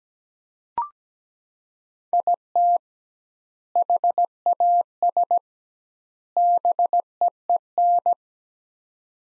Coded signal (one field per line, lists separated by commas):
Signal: Morse code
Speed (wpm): 17 wpm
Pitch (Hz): 700 Hz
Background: none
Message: IT HAS BEEN